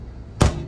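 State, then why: Released. A plastic travel latch on a cabinet or fridge door of a 2022 Winnebago Vista Bunk House RV is squeezed to release it, rather than yanked, which could break it. A single sharp thud-like click at 0.4 s sounds over a low steady hum as the latch lets go and the door opens.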